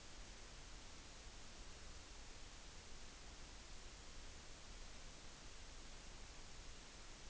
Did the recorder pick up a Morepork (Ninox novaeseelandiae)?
no